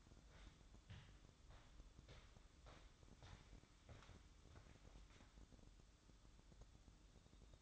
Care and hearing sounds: daily activity, microphone in the room; walk to room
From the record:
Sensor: 3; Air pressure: 1008.2 hPa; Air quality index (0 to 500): 132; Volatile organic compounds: 2 ppm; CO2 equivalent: 1096 ppm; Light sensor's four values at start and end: 10/23/9/9 and 10/23/9/9

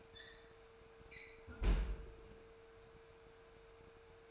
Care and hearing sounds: daily activity, microphone in the room; close fridge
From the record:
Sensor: 2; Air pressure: 1014.8 hPa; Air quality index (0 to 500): 195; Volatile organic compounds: 17 ppm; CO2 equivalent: 2583 ppm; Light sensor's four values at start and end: 26/65/28/31 and 26/65/28/31

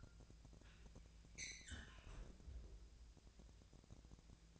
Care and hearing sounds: daily activity, microphone in the room; close fridge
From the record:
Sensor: 2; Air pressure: 999.9 hPa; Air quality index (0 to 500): 123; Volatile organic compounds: 2 ppm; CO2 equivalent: 1059 ppm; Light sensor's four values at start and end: 27/66/28/31 and 27/66/28/31

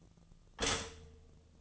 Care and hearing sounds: daily activity, microphone in the room; stop toaster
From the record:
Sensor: 4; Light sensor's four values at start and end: 23/68/27/27 and 23/68/27/27

